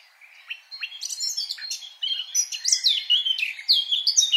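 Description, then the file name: Eurasian blackcap song: one short phrase starting with soft twitters and rising into loud, clear, fluty whistles. "Sylvia atricapilla"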